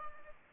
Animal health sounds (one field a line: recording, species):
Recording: mosquito wingbeat signal from an infrared sensor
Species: Culex pipiens